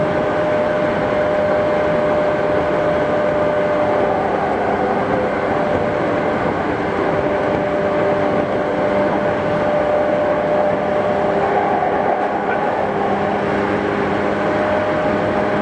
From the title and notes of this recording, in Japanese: 東急8500系 表参道〜あざみ野。東京メトロ→東急区間の録音です。